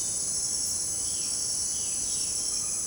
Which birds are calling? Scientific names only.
Cyanocorax violaceus